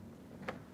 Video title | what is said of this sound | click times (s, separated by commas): FCMP Compost Tumbler Assembly & Review | and it clicks right into these two spots here just | 0.5 s